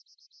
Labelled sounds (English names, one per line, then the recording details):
Yellowhammer song
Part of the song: start
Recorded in the Czech Republic on 14 May 2015
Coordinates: 50.010, 16.238
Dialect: BC
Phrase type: E13
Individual ch003